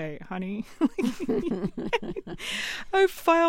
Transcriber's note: laughter